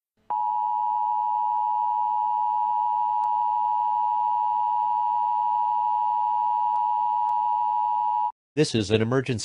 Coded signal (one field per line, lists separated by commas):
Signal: Emergency Alert System (SAME) tones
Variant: 853 and 960 Hz attention tone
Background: speech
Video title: EAS Scenario - Possessed III